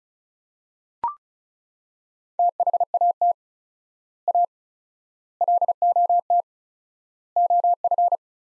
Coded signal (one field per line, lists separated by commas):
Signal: Morse code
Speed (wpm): 36 wpm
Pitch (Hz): 700 Hz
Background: none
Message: THAT A LOT OF